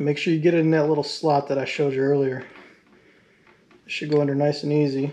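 Someone talks while lining up a small metal retaining clip with the slot on the pivot pin of a Kuryakyn Trigger motorcycle brake/clutch lever, with a quiet pause and faint handling noise in the middle. The clip has not seated or clicked onto the pin yet.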